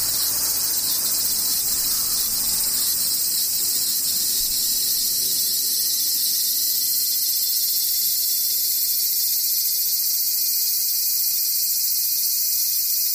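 Cicadas buzz in a dense, unbroken drone that holds steady for the whole clip, sitting high and hissing. Beneath it, fainter whining tones appear after about six seconds and hold level, while a soft low rumble stays in the background throughout.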